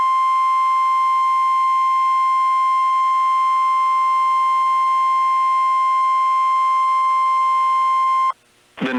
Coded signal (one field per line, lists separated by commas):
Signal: Emergency Alert System (SAME) tones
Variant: 1050 Hz attention tone